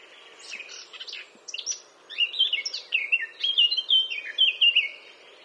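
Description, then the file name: Eurasian blackcap song that begins as a soft scratchy warble and rises into a loud series of rich, descending fluty whistles. "Sylvia atricapilla"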